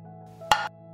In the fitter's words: Duyduğunuz ses , kapağın tam oturduğunu gösteriyor.